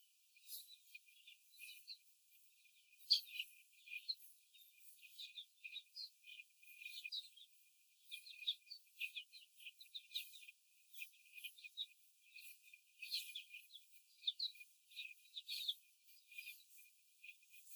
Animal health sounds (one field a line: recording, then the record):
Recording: young laying hens in a cage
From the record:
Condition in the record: before the stressor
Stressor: simulated dog barking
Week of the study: 4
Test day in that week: 1